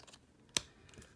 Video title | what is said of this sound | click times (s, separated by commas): Marvel Legends SASQUATCH BAF Deadpool Wave Complete BAF | here a little click there's | 0.6 s